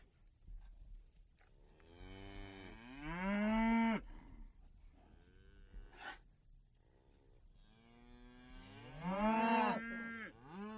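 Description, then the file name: Cow: cattle lowing with two long, drawn-out moos that swell and rise in pitch, one around three seconds and another near nine, with a sharp click between them. Several cows grazing in a field. "COW FIELD-OF-COWS-GRAZING"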